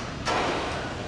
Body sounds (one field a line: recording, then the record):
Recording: background sound without coughing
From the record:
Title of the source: 30 MINUTES Construction Site Ambience (CC BY 4.0)